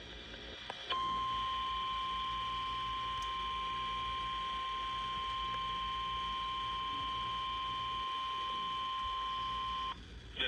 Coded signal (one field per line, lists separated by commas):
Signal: Emergency Alert System (SAME) tones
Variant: 1050 Hz attention tone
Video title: EAS Severe Thunderstorm Waring Adams County, PA EAS#273